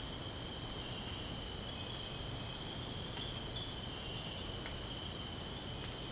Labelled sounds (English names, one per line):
none